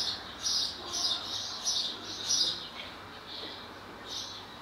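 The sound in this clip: Swallow calls: soft, high chirps repeated at irregular short intervals.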